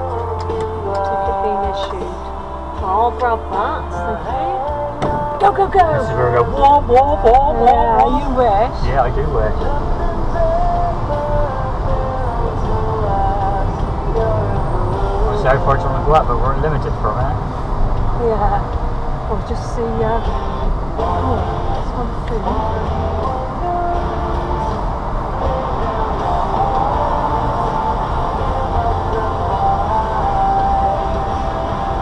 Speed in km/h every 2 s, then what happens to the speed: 0, 0, 0, 0, 11, 10, 11, 5, 5, 3, 6, 8, 8, 8, 13, 6.
0-6 standing. 6-11 pulls away to 11. 18-28 speeds up to 13.